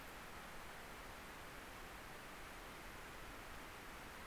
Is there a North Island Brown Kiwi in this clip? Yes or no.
no